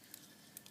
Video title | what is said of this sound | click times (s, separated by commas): MG 1/100 Jesta review | So you hear the snap sound. | 0.6 s